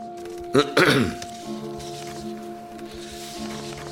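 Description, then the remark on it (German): A single short, rough throat clearing bursts out loudly near the start, then fades into a low, steady electrical hum that carries on quietly to the end. “Es fing an mit einem Räuspern.”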